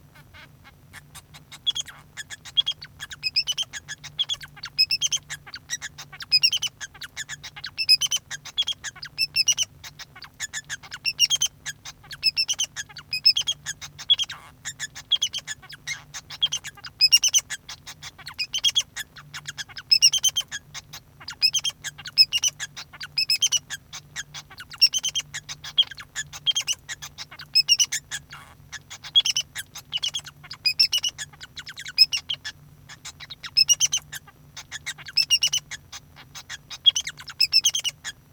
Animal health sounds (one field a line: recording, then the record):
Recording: song of a male Bengalese finch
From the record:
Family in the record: son of father 2